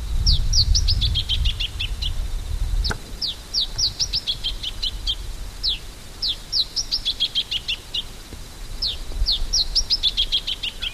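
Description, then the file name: Masked yellowthroat: repeated phrases of quick, sharp notes descending in pitch, each lasting about two seconds, with steady background hiss. "Geothlypisaequinoctialis"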